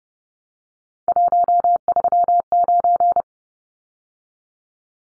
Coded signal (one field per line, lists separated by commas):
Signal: Morse code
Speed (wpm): 29 wpm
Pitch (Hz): 700 Hz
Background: none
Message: 139